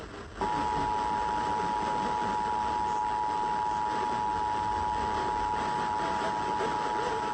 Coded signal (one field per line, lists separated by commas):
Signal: Emergency Alert System (SAME) tones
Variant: 853 and 960 Hz attention tone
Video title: EAS #2085 Severe Thunderstorm Warning on WZOK